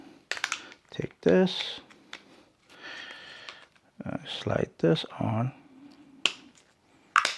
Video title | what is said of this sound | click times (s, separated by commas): Can The Arrma Typhon Grom Hit 100 MPH After A Castle 4s System Upgrade? - RC | There we go. Let that snap in place. | 6.3 s, 7.2 s